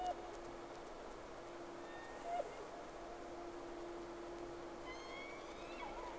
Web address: Sea Snake 10-3-06 Whales X 2 11-30 Round 1